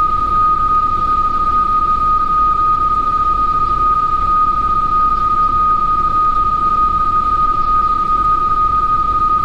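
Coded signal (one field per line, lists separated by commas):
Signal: PSK31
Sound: a steady, slightly warbling single tone around 1.2 kHz over soft hiss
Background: radio static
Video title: A61BK PSK31 12M PC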